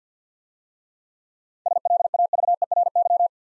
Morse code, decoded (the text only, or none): SLAVERY